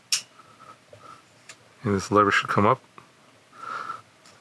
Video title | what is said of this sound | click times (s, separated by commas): AXISFLYING KOLAS7 Folding Long Range FPV Drone | and we should hear a click | 0.1 s